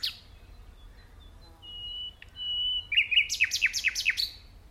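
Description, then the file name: Common nightingale song, sustained pure whistles swelling, then a burst of loud rapid repeated notes. "Luscinia megarhynchos"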